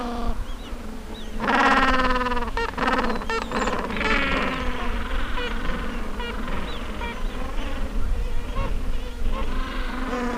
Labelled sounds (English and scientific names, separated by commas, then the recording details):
Gentoo Penguin (Pygoscelis papua)
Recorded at the colony at Sea Lion Island, on 19 December 2014
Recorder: Song Meter SM2+